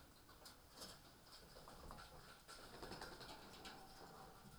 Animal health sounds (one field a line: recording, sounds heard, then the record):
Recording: poultry house recording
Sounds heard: healthy chickens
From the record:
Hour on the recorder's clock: 18